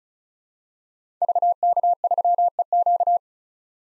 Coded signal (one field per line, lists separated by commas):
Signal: Morse code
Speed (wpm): 36 wpm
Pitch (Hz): 700 Hz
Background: none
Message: VK3EQ